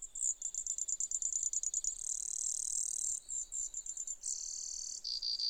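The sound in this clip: Brewer's sparrow song, very high and thin: quick trilled notes merge into a long bright buzz, then more trills at changing speeds and pitches.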